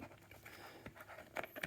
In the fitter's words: this on the back, and it locks into place like that, and that's that done.